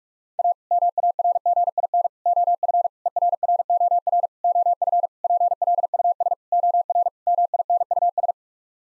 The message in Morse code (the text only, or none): A MARGIN OF ERROR OF PLUS OR MINUS